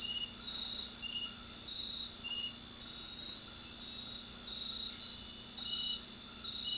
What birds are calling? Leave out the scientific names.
none